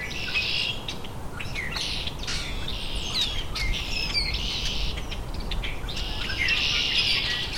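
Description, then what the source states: Rusty Blackbird song: repeated squeaky, creaking phrases with buzzy high notes, continuing throughout over a steady low rumble. Male singing from where he landed before, in dogwood, Southern Ontario.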